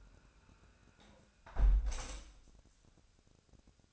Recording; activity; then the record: daily activity, microphone in the room; close window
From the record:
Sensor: 2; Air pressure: 1000.3 hPa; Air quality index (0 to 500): 151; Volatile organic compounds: 2 ppm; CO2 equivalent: 1256 ppm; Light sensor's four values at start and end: 11/31/12/14 and 11/30/11/13